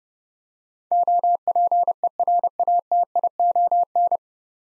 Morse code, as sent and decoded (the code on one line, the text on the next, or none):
--- .--. . .-. .- - .. --- -.
OPERATION